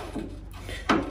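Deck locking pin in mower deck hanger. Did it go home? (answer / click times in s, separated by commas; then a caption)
released / 0.9 s. A spring-loaded steel locking pin on the mower deck hanger of a John Deere 400 is pulled out and latched in its out position to free the deck. Over a low steady hum, a sharp metallic click sounds at 0.9 s as the pin locks out, releasing the deck.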